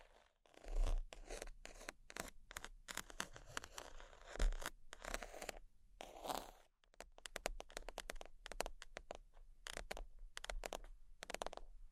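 Sheets being scratched and tapped make a dense run of sharp clicks and crackles with short rustling sweeps between them. Louder thumps land near the start, around four and a half seconds, and a longer scratch comes near six seconds. The taps keep an uneven pace throughout.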